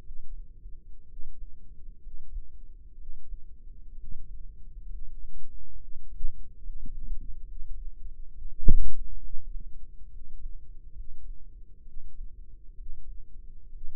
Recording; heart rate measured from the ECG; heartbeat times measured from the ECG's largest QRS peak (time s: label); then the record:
heart sounds by microphone in the left ear; 66 bpm
0.00 s: heartbeat
1.04 s: heartbeat
1.98 s: heartbeat
2.94 s: heartbeat
3.91 s: heartbeat
4.85 s: heartbeat
5.75 s: heartbeat
6.58 s: heartbeat
7.43 s: heartbeat
8.29 s: heartbeat
9.18 s: heartbeat
10.07 s: heartbeat
10.92 s: heartbeat
11.81 s: heartbeat
12.74 s: heartbeat
13.69 s: heartbeat
From the record:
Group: healthy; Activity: cold pressor test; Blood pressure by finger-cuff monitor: 116/74 mmHg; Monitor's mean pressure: 85 mmHg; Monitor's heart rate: 65 bpm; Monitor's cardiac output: 5.3 L/min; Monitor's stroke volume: 79 mL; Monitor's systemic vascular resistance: 1170 dyn s/cm5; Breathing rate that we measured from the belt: 14 breaths a minute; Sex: female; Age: 22 years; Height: 171 cm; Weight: 65.6 kg